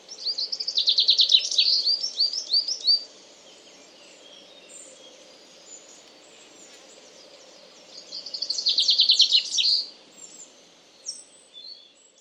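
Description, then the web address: Common chaffinch gives two songs, each a rapid descending rattle of sweet notes closing with a short flourish, separated by a quiet pause with faint background hum. "Deverinetal 2025 File origin Bird Only Fr Co"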